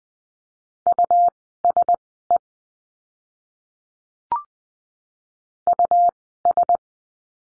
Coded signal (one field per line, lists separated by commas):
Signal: Morse code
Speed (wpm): 20 wpm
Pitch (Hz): 700 Hz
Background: none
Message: USE US